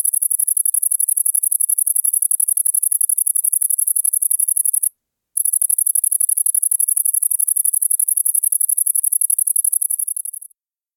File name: Tettigonia viridissima